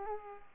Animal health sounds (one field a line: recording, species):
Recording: mosquito wingbeat signal from an infrared sensor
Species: Culex pipiens